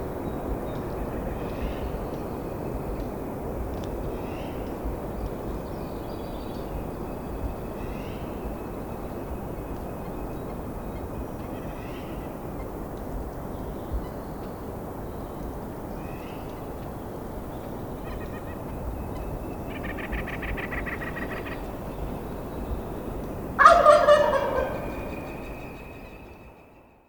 Wild Turkey gobble from a male recorded at the Alluvial Fan in Rocky Mountain National Park.